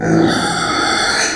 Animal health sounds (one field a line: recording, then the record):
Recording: squeal of a Yucatan mini pig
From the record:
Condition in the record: before surgery on the right vocal fold (resection and tissue-engineered implant)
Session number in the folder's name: 3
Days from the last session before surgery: 0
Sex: female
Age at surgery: 19 weeks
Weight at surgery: 25 kg